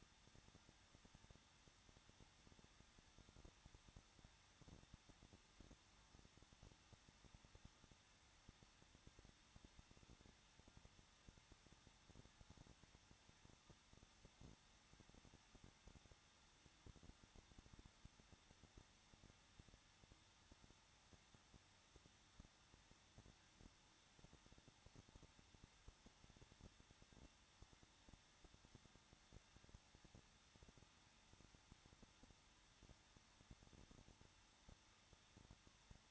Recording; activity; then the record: daily activity, microphone in the room; no activity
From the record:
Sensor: 3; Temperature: 21.2 degrees Celsius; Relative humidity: 36.3%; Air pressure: 1006.3 hPa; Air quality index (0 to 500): 222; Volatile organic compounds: 41 ppm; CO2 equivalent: 3171 ppm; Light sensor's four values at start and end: 2/3/2/2 and 2/3/2/2